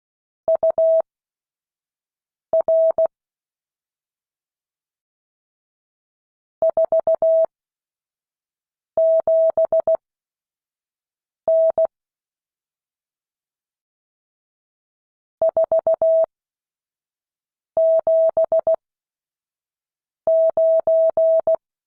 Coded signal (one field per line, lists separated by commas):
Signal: Morse code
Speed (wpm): 16 wpm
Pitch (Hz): 650 Hz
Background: none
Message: UR 47N 479